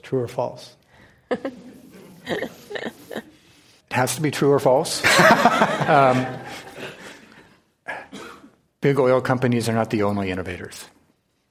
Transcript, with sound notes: true or false?
It has to be true or false.
[Laughter]
Big oil companies are not the only innovators.